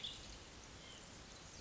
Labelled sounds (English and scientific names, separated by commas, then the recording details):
White-breasted Nuthatch (Sitta carolinensis)
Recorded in Sonoma County, California